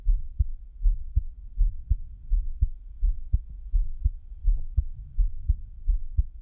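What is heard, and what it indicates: An adult's own normal heartbeat, close-miked, with no talking.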